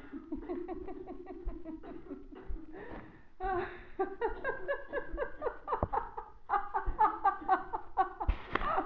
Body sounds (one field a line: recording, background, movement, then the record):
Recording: laughter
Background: a bystander coughing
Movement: walking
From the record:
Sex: female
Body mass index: 21.8 kg/m2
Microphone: on the chest, facing the body